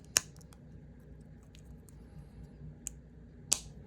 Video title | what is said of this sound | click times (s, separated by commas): 2021 Subaru Outback (6th Gen) - Key FOB Battery Replacement | All right, heard it snap. | 3.5 s